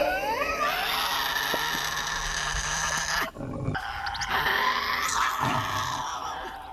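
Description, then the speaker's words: Tasmanian devil harsh rasping screeches and growls, loud and nearly continuous, breaking briefly midway before resuming as rough snarling cries. Heard in the wild. "Well, I'm just going to play a little bit of what a Tasmanian devil sounds like in the wild. Listen to this."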